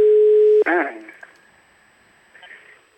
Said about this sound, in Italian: Azzolini. Sì, senatore Azzolini. PDL. Relatore della maxi emendamento. Squilla in vano. Sì, squilla, starà trattando starà ricevendo gli emendamenti.